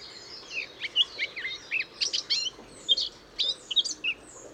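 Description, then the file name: Eurasian blackcap warbling in short, separated bursts of chattering and whistled notes with brief pauses between them, against a soft background hiss. "Sylvia atricapilla"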